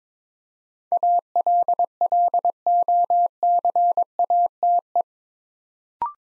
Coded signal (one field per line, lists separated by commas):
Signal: Morse code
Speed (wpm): 22 wpm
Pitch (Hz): 700 Hz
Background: none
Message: ALLOCATE